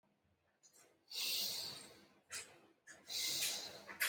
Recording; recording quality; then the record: deep breathing; excellent, no background noise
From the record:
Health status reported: healthy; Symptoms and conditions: none ticked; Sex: male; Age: 30 years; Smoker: not ticked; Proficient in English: yes